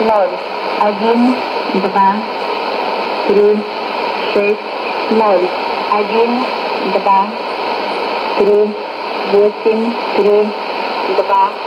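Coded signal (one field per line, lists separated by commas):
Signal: numbers station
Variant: S06s Russian Lady, Russian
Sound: a female voice reading short, evenly spaced Russian words over a noisy shortwave channel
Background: radio static and hum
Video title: 09 01 2018 Numbers station S06s Russian Lady in Russian to Eu 1114 on 5975 unknown tx site in CUSB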